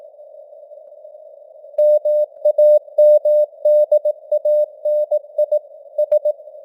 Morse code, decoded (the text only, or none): MAMDANI S